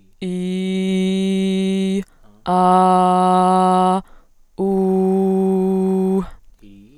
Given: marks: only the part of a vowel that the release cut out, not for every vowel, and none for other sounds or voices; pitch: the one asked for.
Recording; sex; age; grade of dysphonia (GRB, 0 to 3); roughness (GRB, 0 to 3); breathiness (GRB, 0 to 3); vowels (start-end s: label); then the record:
sustained vowels; female; 20 to 29 years; 0; 0; 0
0.28-1.94 s: vowel /i/, low pitch
2.54-3.93 s: vowel /a/, low pitch
4.65-6.14 s: vowel /u/, low pitch
From the record:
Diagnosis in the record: healthy voice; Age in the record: 23 years